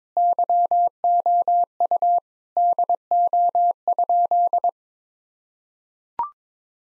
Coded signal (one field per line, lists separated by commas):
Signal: Morse code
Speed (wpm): 21 wpm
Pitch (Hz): 700 Hz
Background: none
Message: YOU DO?